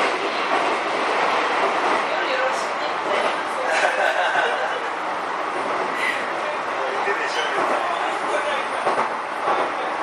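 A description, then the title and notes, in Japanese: A commuter train running between stations, heard from on board with a steady, dense rolling roar throughout. Brief brighter clacks and squeals come every second or two as wheels pass over the track, and faint voices may sit underneath the noise. 京急新1000形1800番台 新逗子〜金沢文庫。逗子線で録音。1367編成では東芝製SEA-548 永久磁石同期電動機（PMSM）と4台の主電動機を1台で制御するSVF102-G0主制御装置が採用。主電動機出力は190kWとされた。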